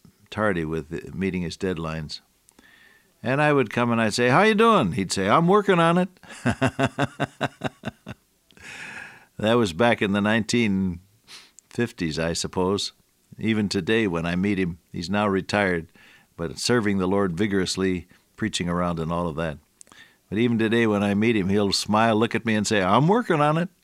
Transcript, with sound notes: tardy with meeting his deadlines. And I would come and I say, “How you doing?” He’d say, “I’m working on it.” [laughter] That was back in the 1950s, I suppose even today when I meet him, he’s now retired, but serving the Lord vigorously preaching around and all of that, but even today when I meet him, he’ll smile, look at me and say, “I’m working on it.”